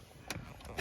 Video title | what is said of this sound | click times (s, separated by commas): BMW iDrive swap exchange. How to remove the control knob also access centre console switches panel | There, do you hear that click? And it'll click into | 0.3 s